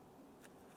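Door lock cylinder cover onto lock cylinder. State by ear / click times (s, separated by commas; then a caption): seated / 0.5 s. A door lock cylinder cover on a 2014-2018 Mazda 3 front exterior door handle is rolled from its single tab into the lock position with the other two locking tabs and pressed together onto the lock cylinder. A short, sharp click is heard at 0.4 s over a quiet background, and the cover seats onto the locking tabs.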